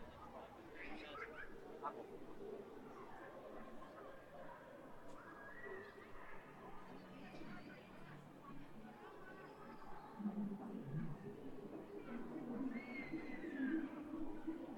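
Crowd at Hongyadong, Chongqing: a steady murmur of many overlapping voices, with occasional clearer calls rising above, growing slightly louder toward the end.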